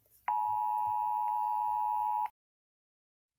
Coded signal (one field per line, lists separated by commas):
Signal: Emergency Alert System (SAME) tones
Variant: 853 and 960 Hz attention tone